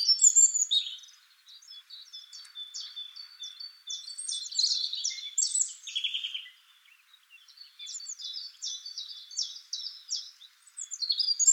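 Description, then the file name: European robin pouring out high, rapid, scratchy phrases of repeated notes and short whistles, with brief lulls between louder bursts of song. "Erithacus rubecula"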